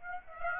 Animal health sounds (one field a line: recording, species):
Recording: mosquito wingbeat signal from an infrared sensor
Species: Aedes aegypti